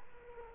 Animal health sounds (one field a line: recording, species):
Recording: mosquito wingbeat signal from an infrared sensor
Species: Culex quinquefasciatus